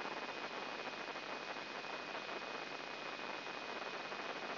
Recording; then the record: brain microelectrode recording played as sound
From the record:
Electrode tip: inside the subthalamic nucleus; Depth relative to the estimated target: 0 mm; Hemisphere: right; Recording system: AlphaMap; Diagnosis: Parkinson's disease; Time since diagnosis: 8 years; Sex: female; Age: 37 years